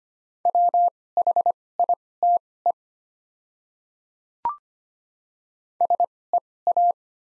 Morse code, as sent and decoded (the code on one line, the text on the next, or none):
.-- .... .. - . / ... . .-
WHITE SEA